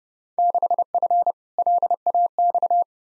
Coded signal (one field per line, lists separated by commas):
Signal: Morse code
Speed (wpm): 31 wpm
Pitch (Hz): 700 Hz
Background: none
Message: 6F LAX